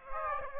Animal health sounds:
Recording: mosquito wingbeat signal from an infrared sensor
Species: Aedes aegypti

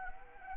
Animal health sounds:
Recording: mosquito wingbeat signal from an infrared sensor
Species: Anopheles arabiensis

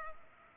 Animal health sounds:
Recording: mosquito wingbeat signal from an infrared sensor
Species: Culex pipiens

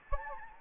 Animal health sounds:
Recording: mosquito wingbeat signal from an infrared sensor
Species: Anopheles gambiae

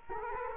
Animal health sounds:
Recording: mosquito wingbeat signal from an infrared sensor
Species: Culex quinquefasciatus

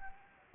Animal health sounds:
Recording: mosquito wingbeat signal from an infrared sensor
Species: Anopheles gambiae

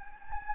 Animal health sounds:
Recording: mosquito wingbeat signal from an infrared sensor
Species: Anopheles gambiae

